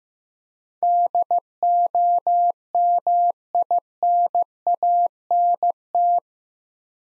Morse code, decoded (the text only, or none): DOMINANT